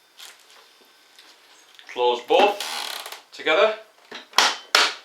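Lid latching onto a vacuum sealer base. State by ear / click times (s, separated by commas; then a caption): seated / 4.4 s, 4.8 s. The plastic lid of an Andrew James vacuum food sealer is pressed closed on both sides onto the base while someone talks. Two sharp clicks at 4.4 s and 4.8 s mark the lid latching on each side, and it is seated.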